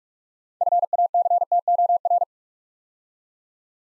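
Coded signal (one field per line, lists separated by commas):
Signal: Morse code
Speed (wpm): 44 wpm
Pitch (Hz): 700 Hz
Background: none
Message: FACTOR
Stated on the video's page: Morse drill at 45 wpm building 6-letter words two letters at a time, for instant character recognition.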